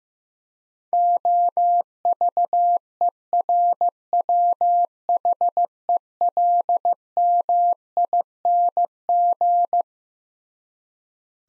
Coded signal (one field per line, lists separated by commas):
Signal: Morse code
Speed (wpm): 15 wpm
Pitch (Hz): 700 Hz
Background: none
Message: OVERWHELMING